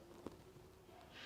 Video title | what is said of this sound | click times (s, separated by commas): SmartBench: First Setup | can let the console drop and they will lock into place | 0.3 s